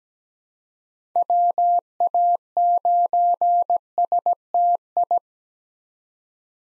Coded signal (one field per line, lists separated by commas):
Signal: Morse code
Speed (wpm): 17 wpm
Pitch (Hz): 700 Hz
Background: none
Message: WA9STI